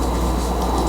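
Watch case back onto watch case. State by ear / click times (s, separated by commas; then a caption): not seated / none. A snap-on case back, which has no notch for the crown stem, is being pressed by hand onto a vintage Swiss watch case. Only a steady low hum and faint broadband noise are heard, with no sharp sounds. Nothing has seated or clicked yet.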